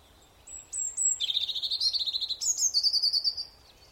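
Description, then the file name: European robin song: a few clear high whistled notes followed by a long, rapid, shimmering trill that jumps higher in pitch partway through. "Erithacus rubecula"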